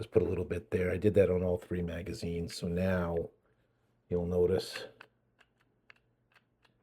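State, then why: Not seated. Someone talks, then the follower in an X-68 Storm Trooper less-lethal launcher magazine, patched with a little JB Weld steel stick, is pushed down. Only faint handling taps are heard from about 5.4 to 6.9 seconds. The follower no longer locks in place, and nothing has clicked or seated.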